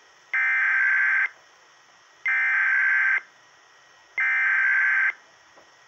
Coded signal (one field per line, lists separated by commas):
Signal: Emergency Alert System (SAME) tones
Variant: header bursts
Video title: EAS 484 LAE for Baldwin AL